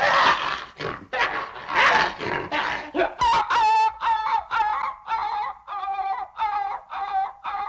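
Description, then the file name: Dog barking excitedly, a run of loud rough barks followed by quicker, higher, tonal yelping barks in quick succession. "vozbuzhdennaya sobaka laet"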